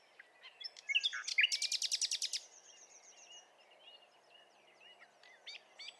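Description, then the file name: Common nightingale song: loud, sharp notes repeated rapidly for about a second and a half, followed by quieter, scattered twittering notes. "Luscinia megarhynchos"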